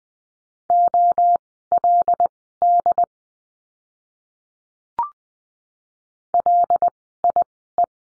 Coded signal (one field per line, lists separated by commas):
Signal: Morse code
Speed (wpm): 19 wpm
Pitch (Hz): 700 Hz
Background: none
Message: OLD LIE